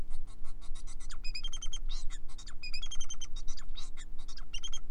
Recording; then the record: song of a male Bengalese finch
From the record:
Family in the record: son of father 4